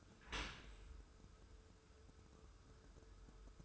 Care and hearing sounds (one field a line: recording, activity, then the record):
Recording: daily activity, microphone in the room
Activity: open dishwasher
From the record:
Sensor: 2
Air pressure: 1014.8 hPa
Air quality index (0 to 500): 25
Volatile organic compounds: 0 ppm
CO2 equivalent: 500 ppm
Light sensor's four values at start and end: 10/23/9/10 and 10/23/9/10